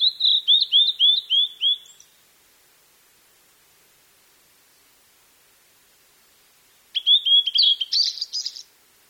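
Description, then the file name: Blue-and-white flycatcher singing two phrases about five seconds apart, each a quick run of sweet, slurred whistles, the second ending in a high, rough flourish. "ooruri"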